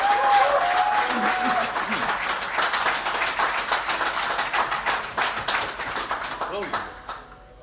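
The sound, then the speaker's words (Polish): A crowd at a blues event applauds the author steadily with dense, crackling clapping that holds for about seven seconds before thinning out and fading, with a few faint voices mixed in at the start. “Brawa dla autora,”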